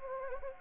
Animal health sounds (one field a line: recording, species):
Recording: mosquito wingbeat signal from an infrared sensor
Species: Anopheles gambiae